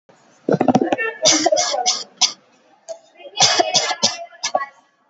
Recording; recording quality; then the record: shallow voluntary cough; moderate, slight background noise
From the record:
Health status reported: COVID-19 positive, no symptoms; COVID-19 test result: positive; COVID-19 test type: rapid antigen test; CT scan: not taken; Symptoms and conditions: another condition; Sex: female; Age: 26 years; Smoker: no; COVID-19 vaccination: both doses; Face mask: not worn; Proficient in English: yes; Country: India